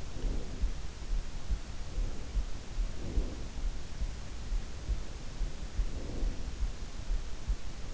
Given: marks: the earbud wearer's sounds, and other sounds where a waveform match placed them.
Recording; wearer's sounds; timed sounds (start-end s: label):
sounds in sleep by an in-ear microphone; breath
0.00-1.12 s: breath
2.64-3.84 s: breath
5.45-7.07 s: breath